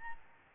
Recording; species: mosquito wingbeat signal from an infrared sensor; Aedes albopictus